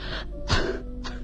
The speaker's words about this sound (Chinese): 海伦不停地咳嗽着，我翻来覆去的睡不着。